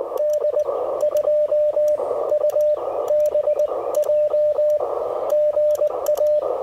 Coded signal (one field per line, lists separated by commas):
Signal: Morse code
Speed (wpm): 20 wpm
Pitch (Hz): 600 Hz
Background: radio noise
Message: D 2 UBJ GA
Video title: Relaxing POTA Therapy: Taking the amazing Mission RGO One to the Field!